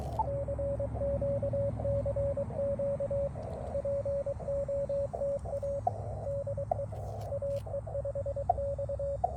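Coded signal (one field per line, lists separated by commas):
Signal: Morse code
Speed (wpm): 23 wpm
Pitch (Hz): 560 Hz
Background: radio noise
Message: CQ CQ POTA DE AE5X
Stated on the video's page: Park activation on an Elecraft KX2.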